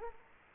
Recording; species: mosquito wingbeat signal from an infrared sensor; Anopheles gambiae